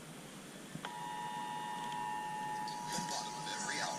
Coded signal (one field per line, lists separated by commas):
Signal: Emergency Alert System (SAME) tones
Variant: 853 and 960 Hz attention tone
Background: speech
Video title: EAS 391-394: Final Georgia RMTs on FM (Moving to Texas in August)